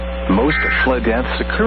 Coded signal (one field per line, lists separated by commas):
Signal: Emergency Alert System (SAME) tones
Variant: end-of-message bursts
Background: speech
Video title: Oklahoma Says Hi Again... | EAS Alerts from March 23rd, 2023 (EAS #2438-2465)